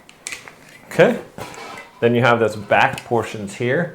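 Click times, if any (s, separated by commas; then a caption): 0.3 s. A small leg of a collapsible aluminum camping chair (YUNONGLIVE Foldable Lander) is folded out until it clicks into place in its frame hub, with a sharp click at 0.3 s. Someone talks over the rest of the clip, and the leg is seated.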